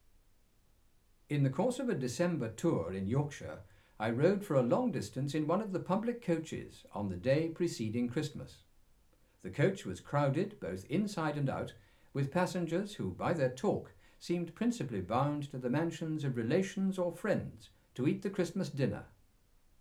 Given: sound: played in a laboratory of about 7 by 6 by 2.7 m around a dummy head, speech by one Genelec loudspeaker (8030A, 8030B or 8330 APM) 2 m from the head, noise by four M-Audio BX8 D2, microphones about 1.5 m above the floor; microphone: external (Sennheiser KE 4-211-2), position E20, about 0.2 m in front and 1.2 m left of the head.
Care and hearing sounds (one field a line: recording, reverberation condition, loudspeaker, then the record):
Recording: male speech in English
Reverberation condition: low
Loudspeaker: 120 degrees to the left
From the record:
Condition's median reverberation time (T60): about 310 ms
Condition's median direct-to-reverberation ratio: about 3.5 dB